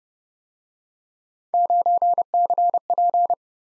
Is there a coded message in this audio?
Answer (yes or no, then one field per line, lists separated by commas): yes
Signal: Morse code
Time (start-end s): 1.5-3.3 s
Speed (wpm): 31 wpm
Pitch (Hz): 700 Hz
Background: none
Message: 9CP